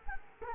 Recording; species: mosquito wingbeat signal from an infrared sensor; Culex quinquefasciatus